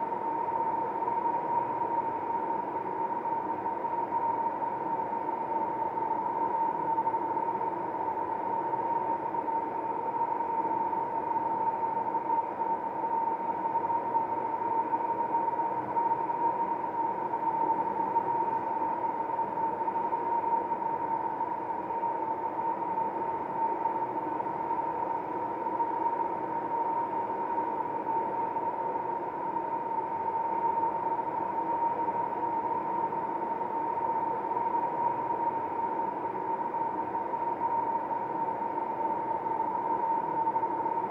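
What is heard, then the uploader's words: A steady, unbroken roar fills a ventilation shaft, with a thin whining tone sitting just above the middle of the sound for the whole 41 seconds. The noise is dense and muffled, with no high hiss, and its level never rises or falls. Inside the Ventilation Shaft.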